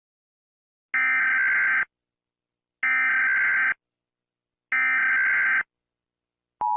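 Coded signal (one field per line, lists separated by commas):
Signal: Emergency Alert System (SAME) tones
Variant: header bursts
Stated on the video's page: Fictional EAS scenario, not a real alert.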